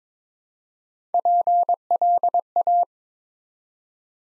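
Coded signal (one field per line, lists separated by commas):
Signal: Morse code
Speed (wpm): 22 wpm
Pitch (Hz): 700 Hz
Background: none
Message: PLA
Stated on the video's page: Morse Code Ninja practice at 22 WPM, sending four-letter words one letter at a time.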